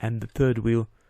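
The front caster (third) wheel of a robot vacuum is being handled near its plastic socket on the vacuum's underside after cleaning, while someone talks. Only the voice is heard, with no click or snap, and nothing has seated or clicked into place yet.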